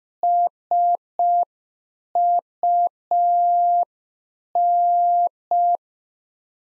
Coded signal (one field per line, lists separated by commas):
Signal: Morse code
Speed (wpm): 5 wpm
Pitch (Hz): 700 Hz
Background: none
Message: SUN